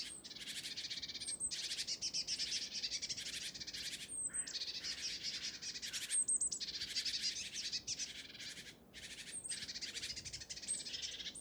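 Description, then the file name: Great tit giving harsh, hissing buzzy calls in long dense bursts broken by short gaps, with thin high whistled notes repeated every couple of seconds. "Parus major"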